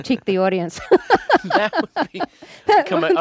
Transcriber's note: soundbite of laughter